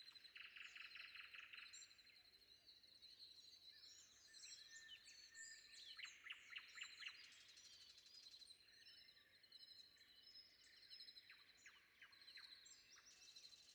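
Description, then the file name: Common nightingale opening with a fast buzzing rattle, then series of sharp descending ticks, amid overlapping songs of many other birds. Recorded before dawn. "predawn nightingale"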